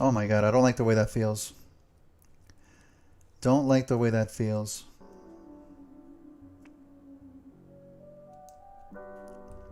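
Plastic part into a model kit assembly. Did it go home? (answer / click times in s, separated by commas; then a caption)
no / none. A plastic snap-fit part is handled against a Trumpeter Bumblebee model kit assembly while someone talks, with a few faint clicks at 2.2, 2.5, 3.2 and 6.7 seconds and steady musical tones playing from about 5 seconds on. The part has not seated or clicked into place yet.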